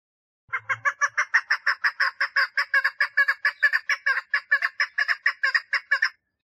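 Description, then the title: Partridge calling a long, even series of rough, clipped notes, after a brief low knock at the start. "Perdiz Cantando"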